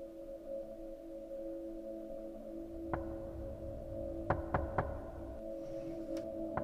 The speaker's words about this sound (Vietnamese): Tiếng gõ cửa vang lên với tiết tấu cố định.